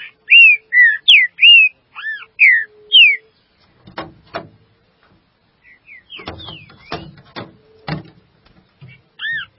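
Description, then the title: Green-winged saltator singing a fast series of loud, mellow whistled notes, some arched, some dropping, followed by sharp knocking clicks and a final whistled phrase. "Trinca Ferro"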